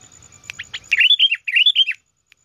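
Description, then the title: Sooty-headed bulbul song: a few sharp notes, then bubbly looping whistled notes in two short bursts, with a low rumble at the start that stops abruptly. "Kutilang"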